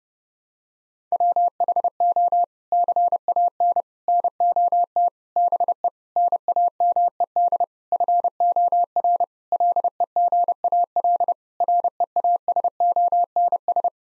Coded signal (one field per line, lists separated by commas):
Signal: Morse code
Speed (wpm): 30 wpm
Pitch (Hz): 700 Hz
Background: none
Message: WHO CAN NOT BE NAMED FOR LEGAL REASONS